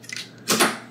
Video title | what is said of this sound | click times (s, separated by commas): Snap Circuits 101 | and as you can see they just snap right into place | 0.2 s, 0.5 s